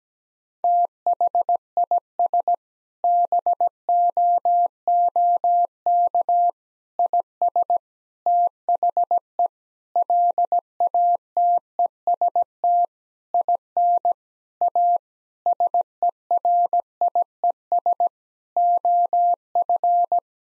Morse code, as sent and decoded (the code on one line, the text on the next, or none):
- .... .. ... / -... --- --- -.- / .. ... / - .... . / .-.. .- - . ... - / .. -. / .- / ... . .-. .. . ... / --- ..-.
THIS BOOK IS THE LATEST IN A SERIES OF